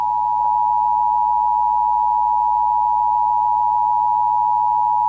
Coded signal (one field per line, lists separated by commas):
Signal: Emergency Alert System (SAME) tones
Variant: 853 and 960 Hz attention tone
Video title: "WYPT-TV" Monthly EAS Test (02/29/2012)